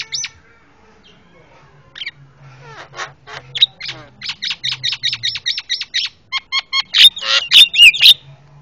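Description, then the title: Javan myna building from quiet chatter into rapid repeated harsh notes, ending in loud squealing whistles and squawks. Very noisy master calls used for tutoring caged birds. "Jalak Kebo Master Suara Super Berisik Buat Masteran"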